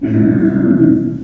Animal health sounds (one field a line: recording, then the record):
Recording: squeal of a Yucatan mini pig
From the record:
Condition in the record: after surgery on the right vocal fold (resection and tissue-engineered implant)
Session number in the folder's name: 4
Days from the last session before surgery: 26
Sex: female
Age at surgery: 19 weeks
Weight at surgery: 25 kg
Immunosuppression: prednisolone